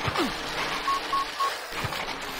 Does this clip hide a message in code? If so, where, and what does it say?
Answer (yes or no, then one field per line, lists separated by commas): no